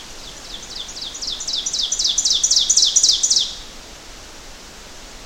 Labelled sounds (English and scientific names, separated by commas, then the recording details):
Ovenbird (Seiurus aurocapilla) song
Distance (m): 15 m
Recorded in boreal forest in Alberta, Canada, on 12 June 2016 at 06:57
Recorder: SongMeter 3, array SBT-3-18
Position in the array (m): 246 m, 96 m
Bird 31